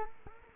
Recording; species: mosquito wingbeat signal from an infrared sensor; Culex quinquefasciatus